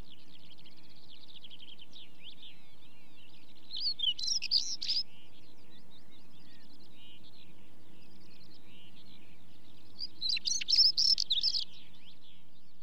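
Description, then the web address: Stonechat song: two short scratchy phrases several seconds apart, with soft high twittering in the background. "BBC Sound Effects Library Birds Stonechat, Song With Chaffinch"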